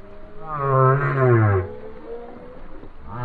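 Whale song with one rich harmonic moan that swells and fades within about a second and a half, followed by quiet low rumbling and the start of another call.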